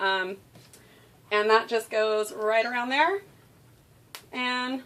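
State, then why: Seated. Someone talks while a bright yellow biothane leash wrap is wrapped around a dog harness guide handle and its press-snap fasteners are pushed closed. A sharp snap is heard at 4.2 s as the fastener snaps shut, and the leash wrap is seated around the handle.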